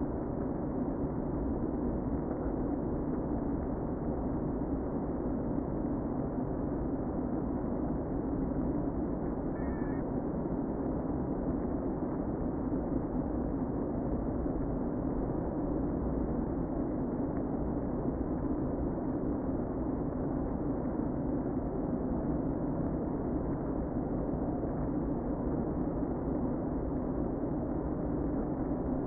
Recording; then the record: honeybee colony, microphone inside the hive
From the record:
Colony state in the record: queen present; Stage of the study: before two queens were removed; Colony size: about 60,000 bees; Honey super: yes